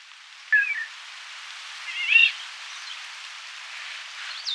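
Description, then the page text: Eurasian golden oriole song: two brief fluty whistled phrases about one and a half seconds apart, then fainter notes and a short note at the very end, over steady hiss. "Eurasian Golden Oriole Song. Quick Sounds"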